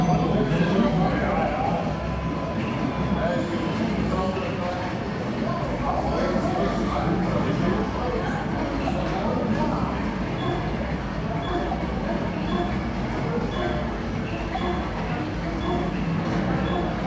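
A gaming arcade with a thick, unbroken wash of many voices talking over one another at an even level throughout. A steady mid-pitched tone sounds for the first few seconds, and small high electronic beeps flicker faintly in the background.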